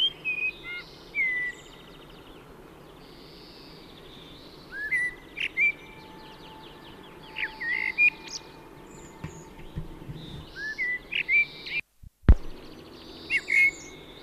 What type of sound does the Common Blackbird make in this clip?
song